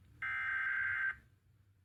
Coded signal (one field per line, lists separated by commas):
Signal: Emergency Alert System (SAME) tones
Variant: header bursts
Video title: EAS 7K Milestone! EAS Alerts from the week of (1/26/25-2/01/25) EAS 6999-7023